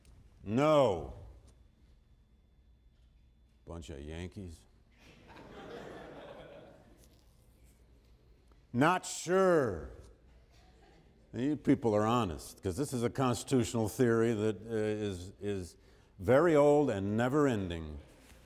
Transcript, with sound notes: No? Bunch of Yankees. [Laughter] Not sure? You people are honest because this is a constitutional theory that is very old and never ending.